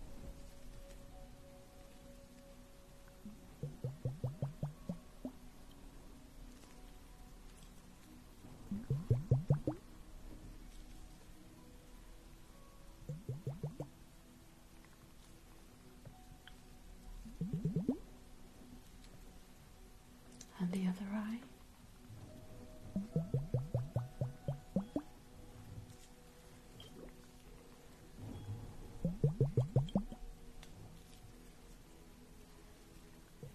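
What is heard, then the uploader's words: A facial spa treatment with hydrating drops. Short clusters of quick, soft, wet pulses come every four to five seconds, with a quiet low hum between them and a brief rising, swishing sound around the twenty-second mark. Spa treatment looking after your face with lots of hydration drops, mask, and steam.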